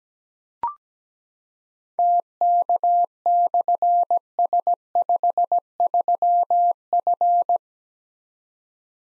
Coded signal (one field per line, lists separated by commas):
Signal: Morse code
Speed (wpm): 17 wpm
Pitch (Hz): 700 Hz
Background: none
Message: TK/S53F